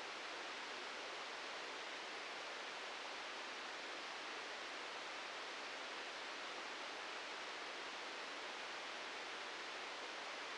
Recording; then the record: brain microelectrode recording played as sound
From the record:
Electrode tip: outside the subthalamic nucleus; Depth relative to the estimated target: 2 mm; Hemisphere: right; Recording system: NeuroSet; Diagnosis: Parkinson's disease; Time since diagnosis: 13 years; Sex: male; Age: 63 years